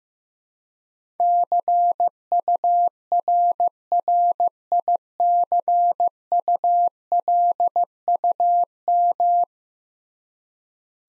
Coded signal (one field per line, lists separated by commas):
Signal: Morse code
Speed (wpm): 15 wpm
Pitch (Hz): 700 Hz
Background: none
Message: CURRICULUM